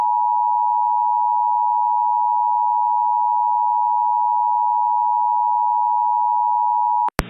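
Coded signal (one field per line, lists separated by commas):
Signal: Emergency Alert System (SAME) tones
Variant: 853 and 960 Hz attention tone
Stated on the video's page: Reenactment mock with valid EAS tones, recreating a Tornado Emergency and a Flash Flood Emergency from Mount Holly.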